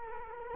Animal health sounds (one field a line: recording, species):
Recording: mosquito wingbeat signal from an infrared sensor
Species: Culex quinquefasciatus